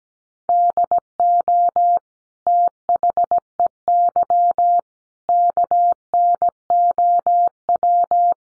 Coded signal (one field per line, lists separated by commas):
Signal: Morse code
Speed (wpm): 17 wpm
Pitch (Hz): 700 Hz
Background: none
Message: DO THEY KNOW